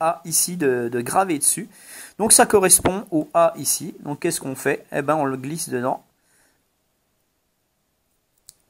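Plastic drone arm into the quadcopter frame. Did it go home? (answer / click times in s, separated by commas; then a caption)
yes / 8.5 s. Someone talks for about six seconds, then after a near-silent pause a plastic arm marked A on a DONGMINGTUO X1 DIY toy drone is slid into its matching slot on the quadcopter's plastic frame. A faint tick at 8.4 s is followed by a short, sharp click at 8.5 s as the arm clips into the frame and seats.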